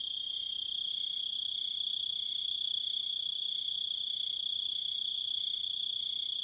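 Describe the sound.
Crickets singing, a steady high continuous trill with a fainter lower chirp pulsing steadily throughout.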